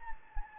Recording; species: mosquito wingbeat signal from an infrared sensor; Anopheles gambiae